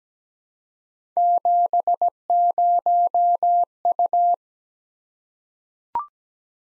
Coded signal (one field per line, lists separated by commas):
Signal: Morse code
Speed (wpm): 17 wpm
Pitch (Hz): 700 Hz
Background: none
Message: 70U